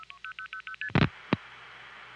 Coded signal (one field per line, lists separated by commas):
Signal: multi-frequency trunk signalling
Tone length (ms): 80 ms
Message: 0000ST